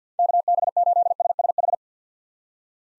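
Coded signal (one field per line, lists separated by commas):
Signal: Morse code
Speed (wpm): 50 wpm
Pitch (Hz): 700 Hz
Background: none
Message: KB8SSH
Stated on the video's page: Morse call sign head-copy drill at 50 wpm: common POTA hunter call signs, each sent, then sent again.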